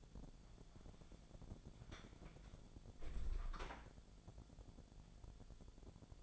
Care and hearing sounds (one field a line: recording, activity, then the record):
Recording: daily activity, microphone in the room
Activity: close door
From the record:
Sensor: 5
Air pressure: 1000.5 hPa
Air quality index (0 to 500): 154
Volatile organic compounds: 2 ppm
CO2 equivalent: 1182 ppm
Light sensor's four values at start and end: 47/111/46/49 and 48/112/46/50